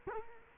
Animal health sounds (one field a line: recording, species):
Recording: mosquito wingbeat signal from an infrared sensor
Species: Culex quinquefasciatus